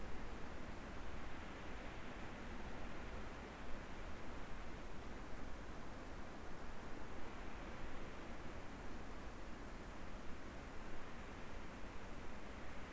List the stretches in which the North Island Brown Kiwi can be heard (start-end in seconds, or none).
none